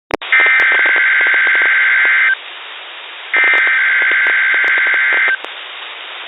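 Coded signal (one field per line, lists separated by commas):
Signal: Emergency Alert System (SAME) tones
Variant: header bursts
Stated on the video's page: NOAA Weather Radio weekly test from WXJ41 and WXL93, received via SDR and recorded from an IQ file.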